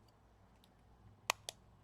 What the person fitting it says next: Hear the snap, you're good to go.